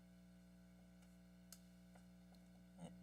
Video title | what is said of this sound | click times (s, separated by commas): Dell XPS 13 9350 (early 2016) Computer Repairs and Upgrades | pops right in nice little snap doesn't need to be too b or too hard | 1.5 s